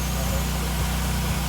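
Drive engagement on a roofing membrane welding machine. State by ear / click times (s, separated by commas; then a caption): not seated / none. A roofing hot-air membrane welding machine is pushed hard so its drive mechanism will engage and start the machine rolling. A steady low motor hum with strong low harmonics runs through the clip, with faint brief dips. Nothing has clicked or engaged yet.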